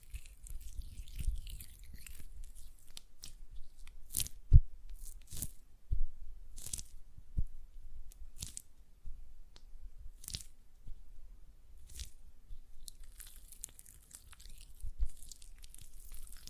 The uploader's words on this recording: ASMR Gel Lotion Hand Sounds (No Talking).